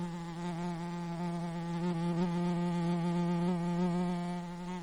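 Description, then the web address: Mosquito wing whine: a continuous low drone with stacked overtones that wavers slightly in pitch throughout. Recorded in Denali, Alaska, on 25 July 2012 at 15:19. "INSECTS DENAMCRI 20120725 151912 Mosquito"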